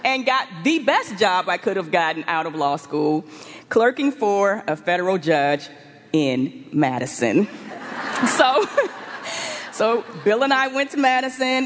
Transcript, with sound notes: and got the best job I could have gotten out of law school clerking for a federal judge in Madison. (laughter) So Bill and I went to Madison.